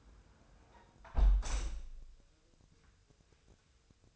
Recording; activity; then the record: daily activity, microphone in the room; close window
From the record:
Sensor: 2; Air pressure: 999.6 hPa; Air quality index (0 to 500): 218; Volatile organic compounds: 47 ppm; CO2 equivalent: 3256 ppm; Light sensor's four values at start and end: 8/20/8/8 and 8/19/8/8